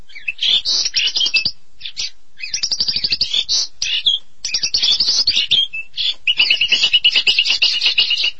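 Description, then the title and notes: Starling song, varied chattering phrases of rattles and squeaky whistles separated by short pauses, ending in a rapid run of notes. "suara burung jalak"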